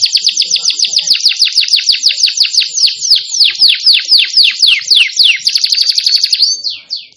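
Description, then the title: Canary delivering a brisk series of repeated downward-sweeping high notes, rolling together into a fast trill before ending with a couple of slower slurs. "Kenari Gacor"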